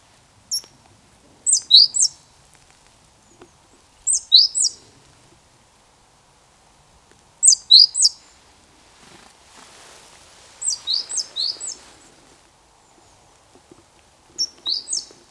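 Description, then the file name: Great tit giving high sharp call notes in short clusters of one to several, spaced a few seconds apart, with a faint hiss mid-recording. "Parus major"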